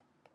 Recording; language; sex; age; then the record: short text; Brazilian Portuguese; female; 70 to 79 years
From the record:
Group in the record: control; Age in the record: 72 years